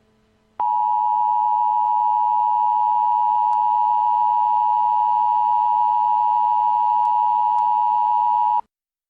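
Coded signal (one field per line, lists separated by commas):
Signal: Emergency Alert System (SAME) tones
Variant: 853 and 960 Hz attention tone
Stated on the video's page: Simulated EAS scenario for entertainment, not a real event.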